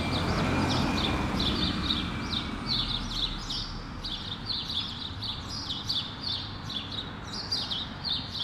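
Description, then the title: Sparrows chattering with lively, irregular chirps, continuing steadily over a background of street traffic. Sparrows on Rue Keyenveld, Ixelles, Brussels, Belgium, with cars passing; Lom Usi Pro microphone into a Zoom F6 recorder. "Rue Keyenveld, Ixelles, Bruxelles-Capitale, Belgique - Sparrows - moineaux"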